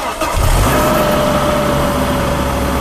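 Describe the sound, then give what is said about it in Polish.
A car engine cranks briefly and catches, then settles into a steady, loud idle with a low rumbling hum and a faint whine running through it; it is the donor car being started after jumper cables are connected to jump-start another car. “Po podłączeniu przewodów uruchamiamy samochód dawcę.”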